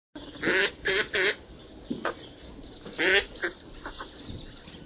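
Northern pintail: several nasal quacking calls over a noisy background.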